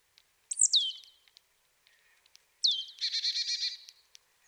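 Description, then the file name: Marsh tit with a high, sharply falling note, a soft pause, then another falling note running straight into a fast, buzzy rattle of repeated notes. "Poecile palustris"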